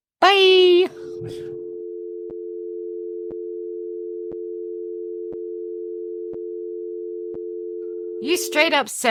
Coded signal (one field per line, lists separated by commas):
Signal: telephone call progress tone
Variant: North America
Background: speech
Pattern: dial tone